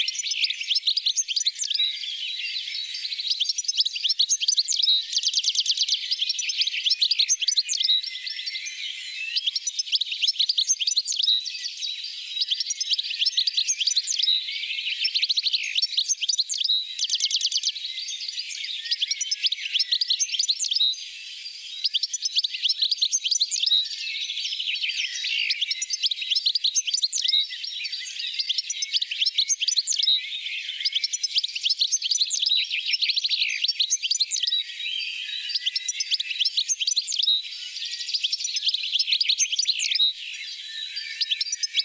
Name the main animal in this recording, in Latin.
Carduelis carduelis